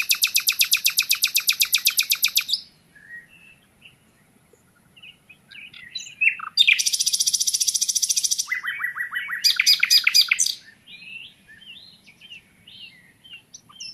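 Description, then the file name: Common nightingale song: a loud rapid series of repeated notes, a pause with soft scattered phrases, then a dense buzzing rattle and another rapid series of repeated notes, followed by softer phrases. "Luscinia megarhynchos"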